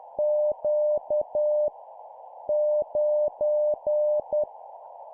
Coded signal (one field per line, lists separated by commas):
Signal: Morse code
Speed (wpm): 10 wpm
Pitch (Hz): 600 Hz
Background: none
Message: Q 9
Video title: 10wpm Random Letter Number, learning morse code